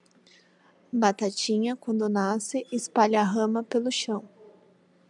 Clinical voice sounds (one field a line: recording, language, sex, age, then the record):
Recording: short text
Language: Brazilian Portuguese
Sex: female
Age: 20 to 29 years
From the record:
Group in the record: control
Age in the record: 27 years